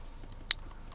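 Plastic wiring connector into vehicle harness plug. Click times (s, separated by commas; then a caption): 0.5 s. A plastic wiring connector is plugged back into a car's wiring harness plug. A sharp click is heard at 0.5 s, with faint ticks around it over a quiet background, and the connector is seated.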